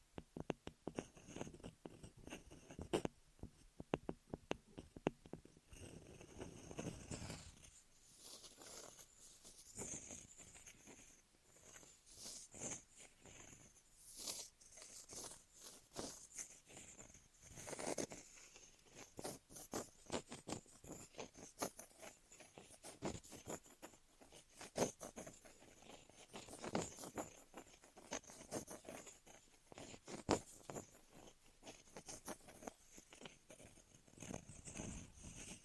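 Ear massage and cleaning, heard as dense, irregular rubbing, scratching and patting sounds that crackle bright and sharp. A fuller, low rumbling rub fills the first seven seconds, then the sounds turn thinner and clickier, with bursts of quick taps coming and going throughout.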